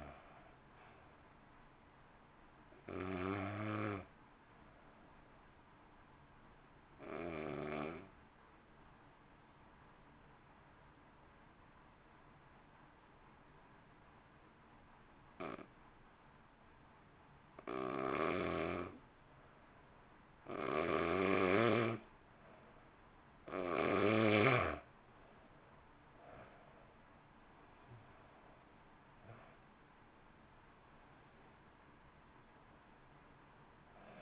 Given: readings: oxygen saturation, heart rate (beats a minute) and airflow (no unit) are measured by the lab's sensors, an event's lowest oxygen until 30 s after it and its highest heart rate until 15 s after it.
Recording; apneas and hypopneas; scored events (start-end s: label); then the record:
breathing in sleep by a voice recorder at the bedside; 1
4.00-21.80 s: hypopnea (N1, oxygen 95% highest, then 88% lowest, heart rate 54 at the start, 62 highest)
From the record:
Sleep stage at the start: N1 (lightest sleep); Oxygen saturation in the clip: 85 to 95%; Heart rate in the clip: 50 to 62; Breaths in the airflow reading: 12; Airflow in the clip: -1.2 to 1.5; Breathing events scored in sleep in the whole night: 328 in 6.3 hours asleep